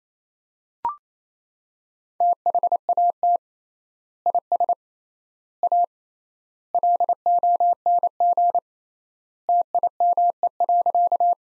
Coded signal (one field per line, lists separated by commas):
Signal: Morse code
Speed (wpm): 28 wpm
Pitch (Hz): 700 Hz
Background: none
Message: THAT IS A LONG TIME.